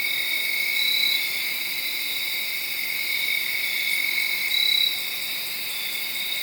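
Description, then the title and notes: Continuous high cricket trilling, with two louder chirping bursts standing out from the steady chorus. Made around midnight, late Saturday night into Sunday morning, under a tree in Sharon, Pennsylvania. "Crickets (field recording). late on Saturday night/Sunday morning. The location was in Sharon, Pennsylvania, under a tree. around 12:00 in the morning"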